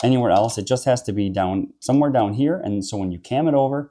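A cam-lever clamp on a docking system mount is being handled while someone talks throughout. The lever has not been cammed over yet, so nothing has seated or clicked in this clip.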